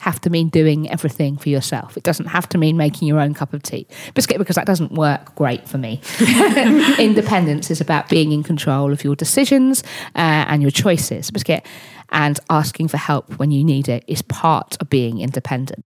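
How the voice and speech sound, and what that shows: An adult woman speaks fluently at an ordinary pace, but her sentences are twice broken by the out-of-context word "biscuit," said at normal loudness. These are involuntary vocal tics of Tourette syndrome; she has frequent vocal tics, mainly "biscuit" and "hedgehog," along with motor tics such as repeated hard chest thumping.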